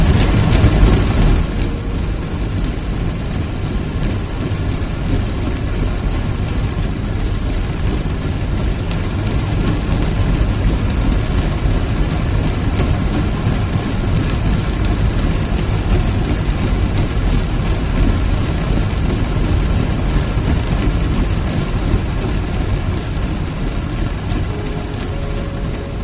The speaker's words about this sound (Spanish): El sonido en directo de un barco que está cruzando ahora mismo desde las profundidades del mar. Es decir, las aguas del mar, y es captado desde las profundidades. Suena de esta manera.